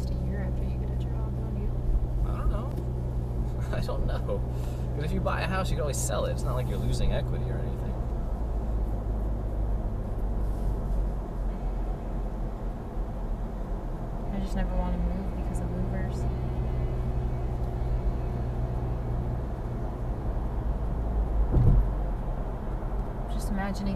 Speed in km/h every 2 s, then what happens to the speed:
37, 44, 52, 58, 63, 64, 66, 69, 72, 76, 77, 79.
0-24 speeds up to 79.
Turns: none.